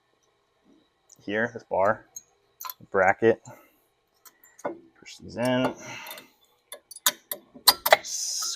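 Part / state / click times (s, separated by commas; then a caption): brake pad into caliper carrier bracket / seated / 7.1 s, 7.9 s. Someone talks while new front brake pads are pushed into the caliper carrier bracket on a Jetta TDI, followed by a run of sharp ticks as they are pressed in. The pads click into place at about 7.1 and 7.9 seconds and are seated.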